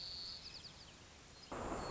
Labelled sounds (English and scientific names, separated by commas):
White-crowned Sparrow (Zonotrichia leucophrys)